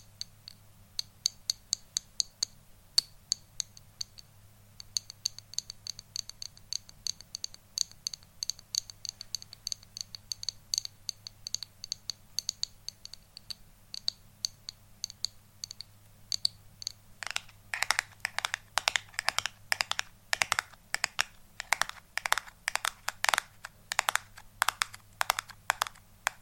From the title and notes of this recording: ASMR Tapping For Sleep & Relaxation.